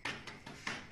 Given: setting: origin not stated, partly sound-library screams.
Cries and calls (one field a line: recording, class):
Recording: one-second piece from a danger detection set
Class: normal situation